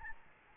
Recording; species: mosquito wingbeat signal from an infrared sensor; Aedes albopictus